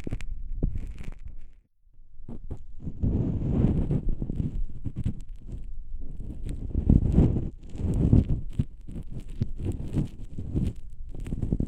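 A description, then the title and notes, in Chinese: Ear cleaning, switching between the left and right ears. Dense, uneven scratching and rustling runs low and muffled throughout, with short sharp clicks and taps. A brief silence comes near two seconds and a small lull around eight. 掏耳（左右耳交替）。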